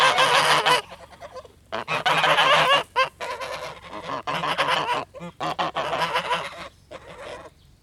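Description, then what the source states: Goose: several geese giving harsh rasping hisses and broken honks in bursts of one to two seconds, separated by brief gaps. Several angry geese hissing and shouting, recorded close.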